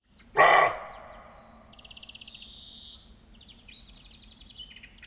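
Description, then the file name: Roe deer bark: one short, harsh, hoarse bark at the start, followed by trilling and chirping songbirds in the background. Barking roe deer, wild animal in Europe. "Reh Bellen Wildtiere in Europa"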